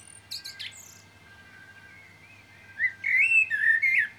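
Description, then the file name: Common blackbird: brief high squeaky notes, a pause, then a smooth, rising-and-falling whistled warble. "Turdus merula"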